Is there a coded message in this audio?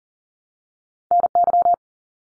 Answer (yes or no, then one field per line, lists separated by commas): yes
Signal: Morse code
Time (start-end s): 1.1-1.7 s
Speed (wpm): 40 wpm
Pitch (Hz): 700 Hz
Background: none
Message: NY